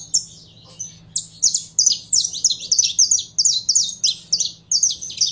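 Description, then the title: Canary song: sharp high notes starting sparse, then a steady series of swooping chirps roughly three per second, low hum behind. Song of a purebred Belgian canary. "Canto Do Canário Belga Puro"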